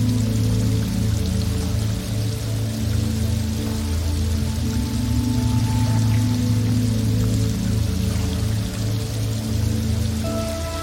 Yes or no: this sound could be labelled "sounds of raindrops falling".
yes